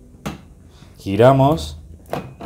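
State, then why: Not seated. A lidded container bowl for a Ninja CREAMi ice cream maker is placed facing front on the motor base and twisted to lock it in. Someone talks while short handling knocks are heard at about 0.3 s, 2.1 s and 2.5 s. The clip ends before the bowl goes home, so nothing has seated or clicked yet.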